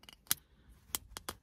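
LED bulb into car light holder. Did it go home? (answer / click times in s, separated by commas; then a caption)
yes / 0.3 s, 0.9 s. A replacement LED bulb for a Focus ST indicator or footwell light is placed face down and pushed into its light holder as far as it goes. Sharp clicks ring out at 0.3 s and 1.0 s, with fainter small clicks at 0.0 s and 0.1 s and more clicks at 1.2 s and 1.3 s. The bulb clicks in and is seated easily.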